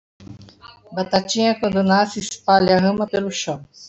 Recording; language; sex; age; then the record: short text; Brazilian Portuguese; female; 60 to 69 years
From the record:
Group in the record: control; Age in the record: 69 years